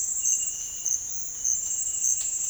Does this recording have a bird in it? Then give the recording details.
no. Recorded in dense forest near Puerto Asís, Putumayo, Colombia, on 21 February 2024 at 07:00. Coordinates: 0.484, -76.317. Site G6464